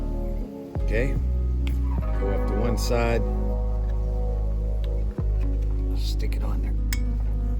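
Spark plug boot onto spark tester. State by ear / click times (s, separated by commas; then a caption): seated / 6.9 s. During a spark check on a Homelite EZ Reach string trimmer, the spark plug boot on the ignition lead is pushed onto the spark tester terminal while someone talks over background music. It snaps on with a sharp click at 6.9 s, seating the boot on the tester.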